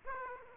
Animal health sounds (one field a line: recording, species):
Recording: mosquito wingbeat signal from an infrared sensor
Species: Aedes aegypti